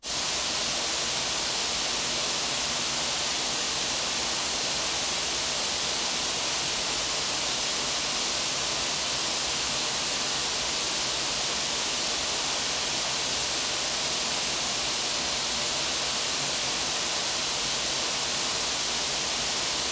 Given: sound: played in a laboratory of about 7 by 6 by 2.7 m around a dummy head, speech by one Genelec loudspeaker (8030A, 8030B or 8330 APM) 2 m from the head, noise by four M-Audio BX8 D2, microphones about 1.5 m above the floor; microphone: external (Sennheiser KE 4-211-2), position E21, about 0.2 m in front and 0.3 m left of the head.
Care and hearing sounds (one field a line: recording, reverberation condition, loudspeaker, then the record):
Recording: white noise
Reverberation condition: high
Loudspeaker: four, about 170 cm from the corners of the room and facing them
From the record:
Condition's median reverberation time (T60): about 1300 ms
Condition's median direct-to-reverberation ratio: about -4.0 dB